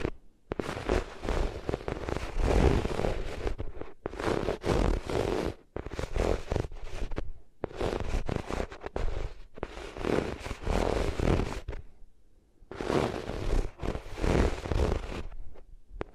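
Ears are rubbed against different materials in a series of dense, rough scraping bursts, each lasting one to three seconds with short silent gaps between. The rustling is full and crackly from deep rumble up to bright hiss, fairly even in loudness.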